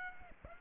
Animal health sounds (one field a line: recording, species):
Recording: mosquito wingbeat signal from an infrared sensor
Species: Aedes aegypti